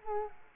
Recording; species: mosquito wingbeat signal from an infrared sensor; Culex quinquefasciatus